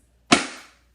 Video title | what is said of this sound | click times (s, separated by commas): Stampin' Cut & Emboss Machine--Unboxing and Demonstration | just like that and you're going to hear like a little snap | 0.3 s